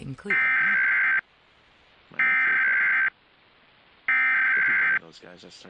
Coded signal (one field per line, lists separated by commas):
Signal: Emergency Alert System (SAME) tones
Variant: header bursts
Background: speech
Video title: 2023 National Emergency Alert System TEST - National EAS Test - Wireless Emergency Alert Test